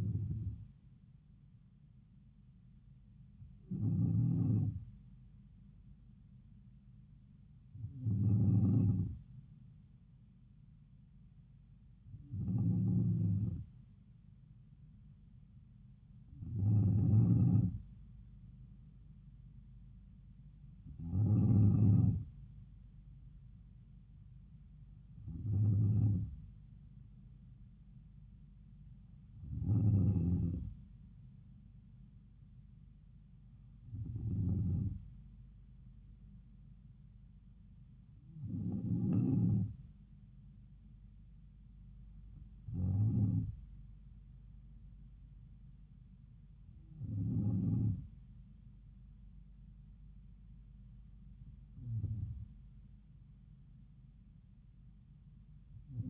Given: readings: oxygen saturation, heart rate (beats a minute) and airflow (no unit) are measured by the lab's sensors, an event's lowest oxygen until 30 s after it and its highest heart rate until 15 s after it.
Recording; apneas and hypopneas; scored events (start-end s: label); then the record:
breathing in sleep by a smartphone at the bedside; none
none scored
From the record:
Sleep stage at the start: N2 (light sleep); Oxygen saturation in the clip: 93 to 94%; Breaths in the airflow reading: 13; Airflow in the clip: -3.8 to 3.5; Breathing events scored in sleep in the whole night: 270 in 6.1 hours asleep